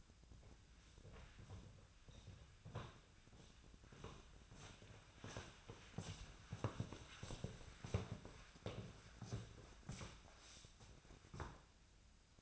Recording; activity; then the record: daily activity, microphone in the room; walk to room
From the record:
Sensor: 2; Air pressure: 1010.0 hPa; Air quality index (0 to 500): 174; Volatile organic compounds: 9 ppm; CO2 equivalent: 2179 ppm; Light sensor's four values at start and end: 35/86/37/42 and 33/81/35/39